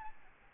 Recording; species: mosquito wingbeat signal from an infrared sensor; Aedes albopictus